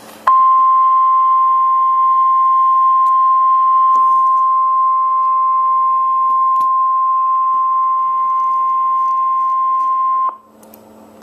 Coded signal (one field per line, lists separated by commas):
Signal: Emergency Alert System (SAME) tones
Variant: 1050 Hz attention tone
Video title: REAL Tornado Warning! (EAS #322)